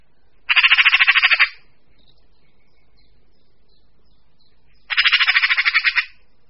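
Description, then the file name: Eurasian magpie chatter, two harsh rattling bursts of about a dozen rapid notes each, separated by roughly three seconds of quiet. Voice described as harsh and croaking. "Straka obecná"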